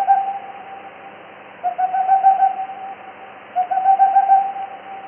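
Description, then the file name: Boreal owl hooting in quick, evenly pitched runs, one brief at the start and two longer bursts about two seconds apart, with a low background hum. "sych mokhnonogijj"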